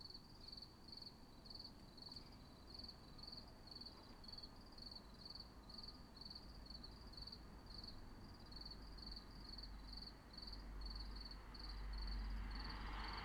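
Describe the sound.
Cricket chirps, short high pulsed bursts repeated steadily, with a low rumble that swells into broader noise near the end.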